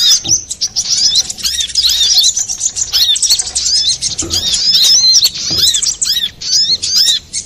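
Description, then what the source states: Little spiderhunter singing a busy, high, chattering run of curved chirps and short whistles, steady and overlapping throughout, with occasional faint low knocks. Master recording used for training cage birds.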